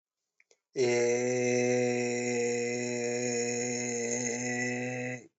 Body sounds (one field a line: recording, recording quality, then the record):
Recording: sustained vowel as in made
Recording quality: excellent, no background noise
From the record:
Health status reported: respiratory illness, not identified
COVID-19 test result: not tested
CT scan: not taken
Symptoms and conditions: cold, breathing difficulty, sore throat, muscle pain, another respiratory illness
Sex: male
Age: 21 years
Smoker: no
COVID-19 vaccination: both doses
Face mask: worn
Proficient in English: yes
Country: India